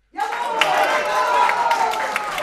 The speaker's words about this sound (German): Sie hören den Beifall, meine Damen und Herren.